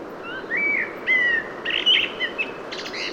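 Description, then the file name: Common blackbird song: mellow fluted phrases rising and falling, then a burst of high, scratchy twittering at the end. "Turdus merula"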